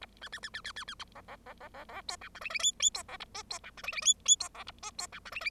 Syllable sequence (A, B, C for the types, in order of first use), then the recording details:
A B B B B B B B B C C C C C C D E F G G H H D C A I D E F G G H H D C A I D E F G G. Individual Bird0